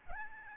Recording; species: mosquito wingbeat signal from an infrared sensor; Aedes albopictus